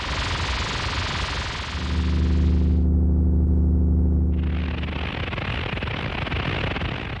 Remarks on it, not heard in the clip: Around 1 in 10 of us have to live with the symptoms of tinnitus. This is where you can hear a persistent noise ringing in your ears or your head, and there's nothing external to cause it. This is a simulation of what some different cases of tinnitus might sound like. Those simulations were provided by the British Tinnitus Association, but everyone's is different.